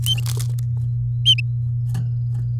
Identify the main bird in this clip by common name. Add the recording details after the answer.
Domestic Canary. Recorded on 3 May 2018 at 16:48. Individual llb16